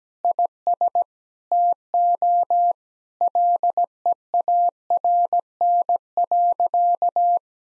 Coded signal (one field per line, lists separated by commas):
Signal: Morse code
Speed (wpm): 17 wpm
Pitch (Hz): 700 Hz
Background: none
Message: IS TO LEARN.